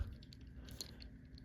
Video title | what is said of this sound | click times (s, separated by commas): Transformers Studio Series Deluxe Class WHEELJACK Review | can be kind of tough but it's supposed to move there we go oh there we go see there was a nice nice snap into place | 0.8 s